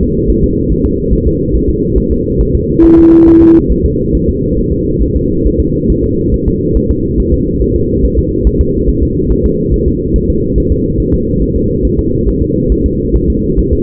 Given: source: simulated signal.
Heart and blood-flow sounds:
fetal heart sounds
0.03 s: S2
0.30 s: S1
0.44 s: S2
0.72 s: S1
0.86 s: S2
1.13 s: S1
1.27 s: S2
1.55 s: S1
1.69 s: S2
1.98 s: S1
2.12 s: S2
2.41 s: S1
2.55 s: S2
2.85 s: S1
2.98 s: S2
3.28 s: S1
3.42 s: S2
3.71 s: S1
3.85 s: S2
4.15 s: S1
4.29 s: S2
4.59 s: S1
4.73 s: S2
5.03 s: S1
5.16 s: S2
5.46 s: S1
5.60 s: S2
5.90 s: S1
6.04 s: S2
6.34 s: S1
6.48 s: S2
6.77 s: S1
6.91 s: S2
7.20 s: S1
7.34 s: S2
7.62 s: S1
7.76 s: S2
8.05 s: S1
8.19 s: S2
8.47 s: S1
8.61 s: S2
8.89 s: S1
9.03 s: S2
9.32 s: S1
9.46 s: S2
9.74 s: S1
9.88 s: S2
10.16 s: S1
10.30 s: S2
10.58 s: S1
10.72 s: S2
11.00 s: S1
11.14 s: S2
11.42 s: S1
11.56 s: S2
11.85 s: S1
11.99 s: S2
12.28 s: S1
12.42 s: S2
12.72 s: S1
12.86 s: S2
13.16 s: S1
13.30 s: S2
13.59 s: S1
13.73 s: S2
From the record:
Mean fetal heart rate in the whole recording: 140 bpm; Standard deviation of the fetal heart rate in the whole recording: 2 bpm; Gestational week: 34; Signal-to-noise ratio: -14.7 dB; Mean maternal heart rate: 72 bpm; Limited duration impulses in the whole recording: present

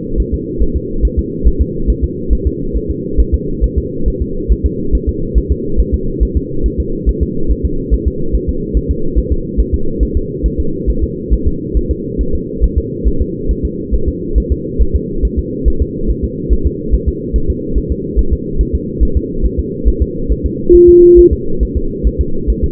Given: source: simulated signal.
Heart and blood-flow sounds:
fetal heart sounds
0.20 s: S1
0.34 s: S2
0.62 s: S1
0.76 s: S2
1.05 s: S1
1.19 s: S2
1.47 s: S1
1.61 s: S2
1.90 s: S1
2.04 s: S2
2.33 s: S1
2.47 s: S2
2.77 s: S1
2.91 s: S2
3.20 s: S1
3.34 s: S2
3.64 s: S1
3.78 s: S2
4.08 s: S1
4.22 s: S2
4.52 s: S1
4.66 s: S2
4.95 s: S1
5.09 s: S2
5.38 s: S1
5.52 s: S2
5.80 s: S1
5.94 s: S2
6.23 s: S1
6.37 s: S2
6.66 s: S1
6.80 s: S2
7.09 s: S1
7.23 s: S2
7.51 s: S1
7.65 s: S2
7.94 s: S1
8.08 s: S2
8.35 s: S1
8.49 s: S2
8.77 s: S1
8.91 s: S2
9.18 s: S1
9.32 s: S2
9.60 s: S1
9.74 s: S2
10.03 s: S1
10.17 s: S2
10.46 s: S1
10.60 s: S2
10.90 s: S1
11.04 s: S2
11.33 s: S1
11.47 s: S2
11.77 s: S1
11.91 s: S2
12.21 s: S1
12.35 s: S2
12.64 s: S1
12.78 s: S2
13.08 s: S1
13.22 s: S2
13.51 s: S1
13.65 s: S2
13.94 s: S1
14.08 s: S2
14.38 s: S1
14.52 s: S2
14.82 s: S1
14.96 s: S2
15.25 s: S1
15.39 s: S2
15.68 s: S1
15.82 s: S2
16.11 s: S1
16.24 s: S2
16.53 s: S1
16.67 s: S2
16.94 s: S1
17.08 s: S2
17.36 s: S1
17.50 s: S2
17.78 s: S1
17.92 s: S2
18.19 s: S1
18.33 s: S2
18.61 s: S1
18.75 s: S2
19.03 s: S1
19.17 s: S2
19.46 s: S1
19.59 s: S2
19.88 s: S1
20.02 s: S2
20.32 s: S1
20.46 s: S2
20.75 s: S1
20.89 s: S2
21.19 s: S1
21.33 s: S2
21.63 s: S1
21.77 s: S2
22.07 s: S1
22.21 s: S2
22.50 s: S1
22.64 s: S2
From the record:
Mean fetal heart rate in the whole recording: 140 bpm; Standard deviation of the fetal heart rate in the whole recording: 2 bpm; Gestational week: 34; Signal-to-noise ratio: -8.1 dB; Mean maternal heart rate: 72 bpm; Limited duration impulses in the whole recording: present

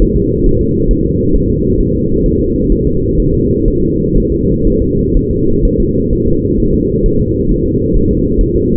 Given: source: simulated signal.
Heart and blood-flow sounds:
fetal heart sounds
0.02 s: S1
0.16 s: S2
0.46 s: S1
0.61 s: S2
0.91 s: S1
1.05 s: S2
1.35 s: S1
1.50 s: S2
1.81 s: S1
1.95 s: S2
2.26 s: S1
2.40 s: S2
2.72 s: S1
2.87 s: S2
3.20 s: S1
3.34 s: S2
3.68 s: S1
3.82 s: S2
4.17 s: S1
4.32 s: S2
4.67 s: S1
4.82 s: S2
5.17 s: S1
5.31 s: S2
5.65 s: S1
5.80 s: S2
6.13 s: S1
6.27 s: S2
6.60 s: S1
6.74 s: S2
7.06 s: S1
7.20 s: S2
7.51 s: S1
7.66 s: S2
7.97 s: S1
8.11 s: S2
8.41 s: S1
8.56 s: S2
From the record:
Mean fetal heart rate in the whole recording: 130 bpm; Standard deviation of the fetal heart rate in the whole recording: 4 bpm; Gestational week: 38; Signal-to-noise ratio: -15.3 dB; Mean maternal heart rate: 72 bpm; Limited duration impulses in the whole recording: present

